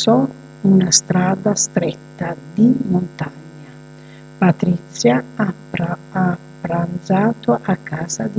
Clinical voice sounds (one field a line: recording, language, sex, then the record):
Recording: read phrases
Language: Italian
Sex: female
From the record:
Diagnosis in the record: healthy control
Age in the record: 62 years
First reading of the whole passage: 101 s, 4.7 characters per second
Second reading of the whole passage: 77 s, 5.9 characters per second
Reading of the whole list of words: 66 s, 3.9 characters per second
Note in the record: marked for poor recording quality or reading difficulty